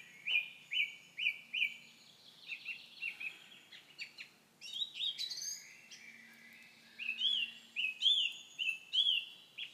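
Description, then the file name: Common nightingale song opening with repeated rising-falling whistles, followed by varied phrases, then another series of bright repeated whistled notes. "Nachtegaal"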